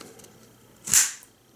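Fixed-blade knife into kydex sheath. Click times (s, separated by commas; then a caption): 0.9 s. A Brous Blades Silent Soldier Ranger V2 fixed-blade neck knife is pushed into its kydex sheath and locks in place with a sharp, bright click at 0.9 seconds, which rings briefly before fading. A few faint taps come before it, and a small tick follows at about 1.2 seconds, confirming the knife is seated securely.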